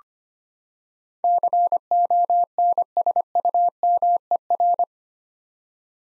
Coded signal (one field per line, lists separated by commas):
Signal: Morse code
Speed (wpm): 25 wpm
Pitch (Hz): 700 Hz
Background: none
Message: CONSUMER